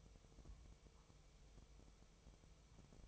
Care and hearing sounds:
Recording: daily activity, microphone in the room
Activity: take from stove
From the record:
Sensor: 1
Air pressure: 999.3 hPa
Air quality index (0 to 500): 200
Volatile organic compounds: 42 ppm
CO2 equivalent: 3177 ppm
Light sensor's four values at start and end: 9/22/8/9 and 9/22/8/9

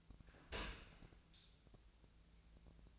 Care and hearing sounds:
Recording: daily activity, microphone in the room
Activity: open dishwasher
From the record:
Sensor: 2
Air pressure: 1000.3 hPa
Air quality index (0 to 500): 165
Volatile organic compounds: 3 ppm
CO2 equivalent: 1366 ppm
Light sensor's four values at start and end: 12/34/13/15 and 12/34/13/15

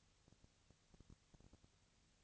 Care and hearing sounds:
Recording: daily activity, microphone in the room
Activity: no activity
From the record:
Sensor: 3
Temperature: 20.4 degrees Celsius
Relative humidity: 34.4%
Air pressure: 997.0 hPa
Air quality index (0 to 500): 205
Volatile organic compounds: 68 ppm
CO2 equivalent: 3503 ppm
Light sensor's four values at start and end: 2/3/2/2 and 2/3/2/2

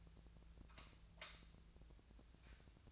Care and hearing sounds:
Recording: daily activity, microphone in the room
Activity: light off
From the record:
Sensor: 2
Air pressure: 1009.7 hPa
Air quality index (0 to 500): 181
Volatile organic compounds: 10 ppm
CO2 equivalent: 2256 ppm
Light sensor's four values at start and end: 33/85/36/38 and 28/67/29/32

